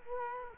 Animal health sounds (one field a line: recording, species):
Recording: mosquito wingbeat signal from an infrared sensor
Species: Culex quinquefasciatus